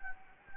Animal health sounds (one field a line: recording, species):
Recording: mosquito wingbeat signal from an infrared sensor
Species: Anopheles gambiae